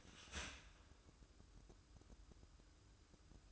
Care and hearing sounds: daily activity, microphone in the room; start toaster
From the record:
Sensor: 2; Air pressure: 1007.0 hPa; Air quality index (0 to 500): 37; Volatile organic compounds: 1 ppm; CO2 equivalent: 533 ppm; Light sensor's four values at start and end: 6/13/5/5 and 6/13/5/5

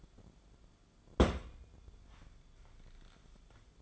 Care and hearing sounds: daily activity, microphone in the room; place on stove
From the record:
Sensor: 5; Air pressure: 1010.3 hPa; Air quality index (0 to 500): 109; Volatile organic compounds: 2 ppm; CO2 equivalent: 1076 ppm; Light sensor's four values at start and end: 578/1473/610/708 and 562/1428/592/680

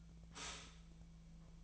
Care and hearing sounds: daily activity, microphone in the room; stop toaster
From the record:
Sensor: 1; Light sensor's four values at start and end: 27/70/29/34 and 27/70/29/34

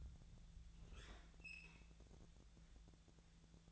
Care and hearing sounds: daily activity, microphone in the room; open fridge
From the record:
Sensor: 3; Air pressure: 1000.0 hPa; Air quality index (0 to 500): 126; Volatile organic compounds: 2 ppm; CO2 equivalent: 1129 ppm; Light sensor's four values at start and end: 42/107/45/50 and 42/106/45/49

